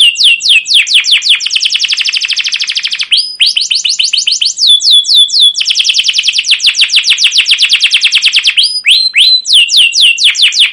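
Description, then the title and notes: Canary song: sweeping downslurred chirps alternating with long, very fast rolling trills, sung continuously and loudly throughout. Canary song of "cuit cuit" chirps, used as a lure to stimulate other canaries and as a tutor recording for young canaries learning sounds. "CUIT CUIT NGEROL LANGSUNG GACOR PANJANG Kenari Ini AMPUH Utk Pancingan KENAR. PANCINGAN Kenari GACOR PANJANG Cuit CUIT EMOSI ini AMPUH utk MASTERAN Kenari PAUD belajar BUNYI. burung kenari"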